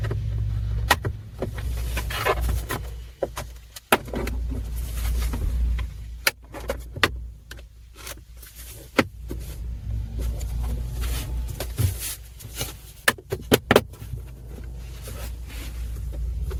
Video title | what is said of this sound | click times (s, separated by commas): 2022-2026 Chevy Silverado - GMC Sierra | It's all nicely snapped back in place, and then we need to not forget the 1 7mm screw. | 3.9 s, 7.0 s, 13.7 s